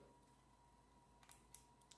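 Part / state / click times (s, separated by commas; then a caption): game card into handheld console card slot / seated / 1.6 s. A plastic game card is pushed, label facing the screen, into the card slot of a Nintendo Switch OLED handheld console over a steady low hum with a faint tone near 1 kHz. A few small ticks come at about 1.2 and 1.3 seconds, then a sharp, bright click at 1.6 seconds as the card latches and is seated, followed by a lighter tick around 1.9 seconds.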